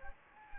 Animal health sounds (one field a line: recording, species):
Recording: mosquito wingbeat signal from an infrared sensor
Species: Anopheles gambiae